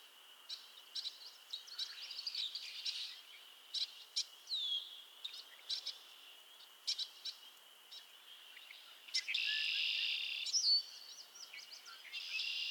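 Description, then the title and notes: Frogs calling in chorus: many short clicky chirps over a high steady drone, then a long loud buzzy trill and another near the end. Chorus of frogs calling to one another on a summer evening at Miners Marsh, Annapolis Valley, Nova Scotia. "Theraphonia - Frogsong at Miners Marsh. A chorus of frogs croon to one another on an idyllic summer evening in Miners Marsh, Annapolis Valley, Nova Scotia"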